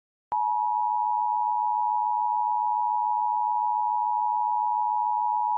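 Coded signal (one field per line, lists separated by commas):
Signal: Emergency Alert System (SAME) tones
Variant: 853 and 960 Hz attention tone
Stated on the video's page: Recreation of a flooding alert with valid EAS tones.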